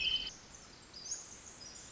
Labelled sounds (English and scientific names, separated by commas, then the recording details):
Pacific Wren (Troglodytes pacificus)
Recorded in Sonoma County, California